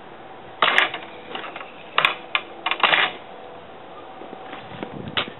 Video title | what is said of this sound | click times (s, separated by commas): Ariens TA20A Trans-a-matic Tiller Clutch Assembly and Running | you can see how it clicked in and there's there's no clutch | 2.3 s